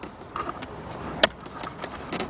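A white wiring harness connector on a 2003–2012 Land Rover Range Rover left front door is pushed down onto its plastic door module socket, the same way as the black one, during a window motor regulator replacement. Faint handling noises lead up to a sharp, bright click at 1.2 s as the connector latches and locks into place, followed by quieter rustling.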